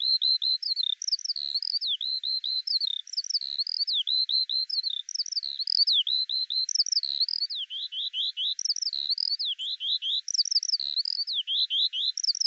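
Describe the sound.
Eurasian skylark song, a long, even, high twittering warble of rapid wavering notes, continuous for the whole stretch.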